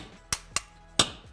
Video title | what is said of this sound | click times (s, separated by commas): SIGMA 35mm f2 REVIEW vs SIGMA 35 f1.2 & SONY 35 f1.4 (Is CHEAPER a Better Choice?) | actually very nice clicks on right here boom on the front boom like boom i got it | 1.0 s